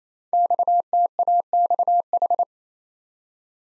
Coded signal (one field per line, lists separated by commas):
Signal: Morse code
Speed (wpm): 29 wpm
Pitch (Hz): 700 Hz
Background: none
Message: XTAXH